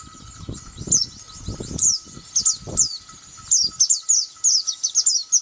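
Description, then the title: White-eye uttering scattered high, thin chirps in short groups, with dull low thumping and rustling noises during the first three seconds. "Pleci"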